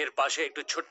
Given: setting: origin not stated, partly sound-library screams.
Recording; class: one-second piece from a danger detection set; woman in danger